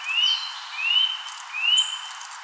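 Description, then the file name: Eurasian nuthatch whistles three rising, pure notes, one roughly every three-quarters of a second. A brief, very high squeak comes near the end. "Sitta europaea"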